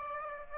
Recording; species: mosquito wingbeat signal from an infrared sensor; Aedes aegypti